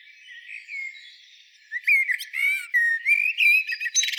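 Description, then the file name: Common blackbird song: faint warbling at first, then from about two seconds clear fluted whistled phrases rising and falling, ending in thin high twitters. "Turdus merula"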